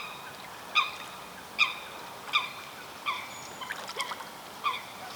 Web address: Coot